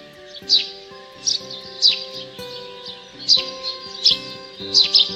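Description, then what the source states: Eurasian tree sparrow calls, several sharp chirps, with a faint hum beneath. 'Chilp chilp' call, played from a device.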